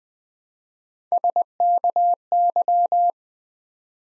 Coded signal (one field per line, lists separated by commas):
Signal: Morse code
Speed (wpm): 20 wpm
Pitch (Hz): 700 Hz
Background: none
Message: SKY